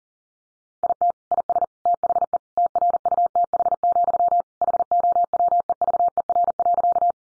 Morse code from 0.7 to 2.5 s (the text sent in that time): IT IS THE